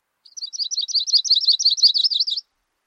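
Bird singing a rapid, high-pitched twittering phrase of tightly packed chirps, building slightly in loudness, lasting about two seconds.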